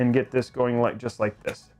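Someone talks while handling the last memory module (RAM stick) over the motherboard DIMM slot, getting ready to push it down until the retention latches snap. Only speech is heard; the module has not seated or clicked yet.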